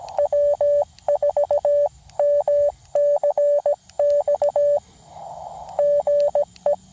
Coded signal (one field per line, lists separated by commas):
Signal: Morse code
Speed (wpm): 17 wpm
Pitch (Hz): 580 Hz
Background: radio noise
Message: W4MCX GE